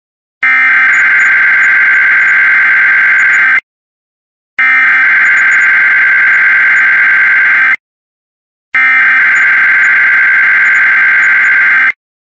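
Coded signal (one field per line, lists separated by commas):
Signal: Emergency Alert System (SAME) tones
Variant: header bursts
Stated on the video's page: IPAWS weekly test alerts.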